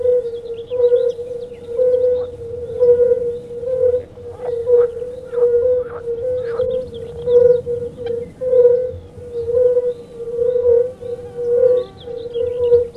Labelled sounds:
Fire-Bellied Toad call

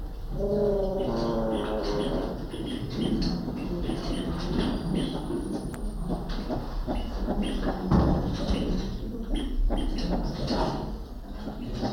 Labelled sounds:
Northern Greater Galago call

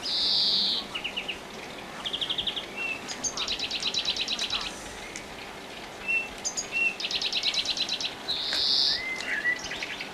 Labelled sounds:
European Greenfinch song

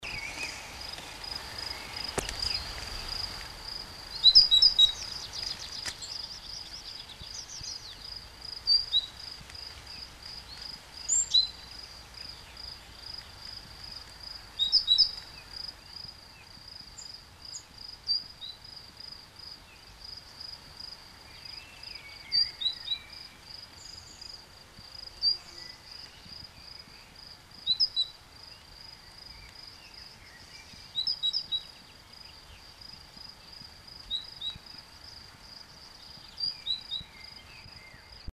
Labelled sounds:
Great Tit song
Common Blackbird
Tree Pipit

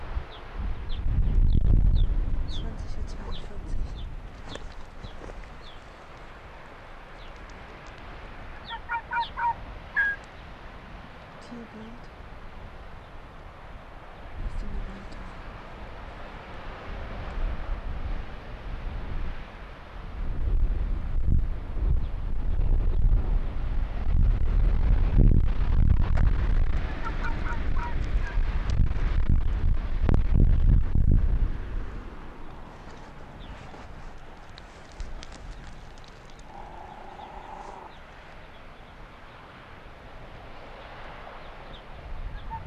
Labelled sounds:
Arctic Fox

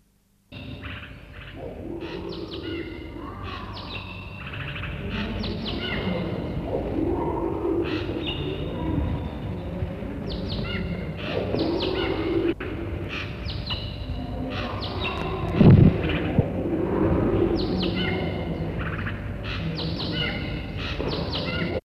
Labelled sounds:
Golden-fronted Leafbird call

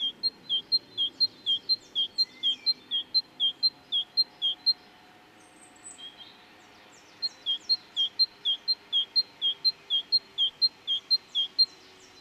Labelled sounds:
Great Tit call

